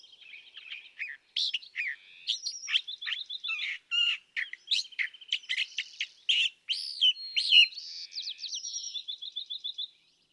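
California thrasher singing a long, varied string of scratchy chirps, trills and clipped whistles, phrases changing quickly with hardly a break.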